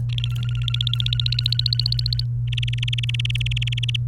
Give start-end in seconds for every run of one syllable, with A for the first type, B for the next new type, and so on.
0.09-2.24 A, 2.48-3.96 B